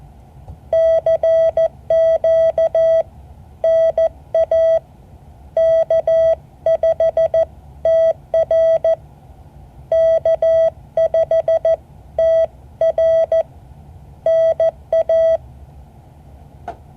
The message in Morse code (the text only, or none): CQ NA K5TR K5TR NA